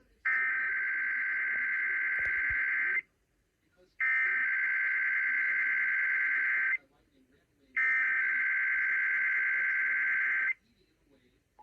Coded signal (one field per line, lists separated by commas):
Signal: Emergency Alert System (SAME) tones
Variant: header bursts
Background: speech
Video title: EAS Capture #32-35 - Sacramento Monthly EAS Tests